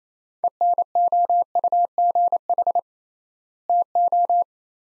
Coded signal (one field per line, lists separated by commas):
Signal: Morse code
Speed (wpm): 28 wpm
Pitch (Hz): 700 Hz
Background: none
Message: ENOUGH TO